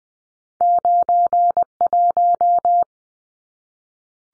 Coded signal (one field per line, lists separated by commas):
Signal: Morse code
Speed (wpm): 20 wpm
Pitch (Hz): 700 Hz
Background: none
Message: 91